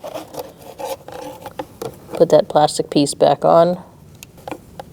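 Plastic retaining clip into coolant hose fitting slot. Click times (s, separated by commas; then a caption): 4.2 s. While replacing the thermostat with housing assembly on a 2016–2019 Chevrolet Cruze 1.4L L4, a lost plastic piece is refitted and the plastic retaining clip is slid into the coolant hose fitting slot. Someone talks over light handling taps and rubs. The clip snaps home with a sharp click at 4.2 s, seating it.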